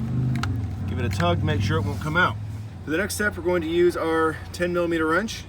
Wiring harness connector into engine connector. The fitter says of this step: And push down until you feel or hear the click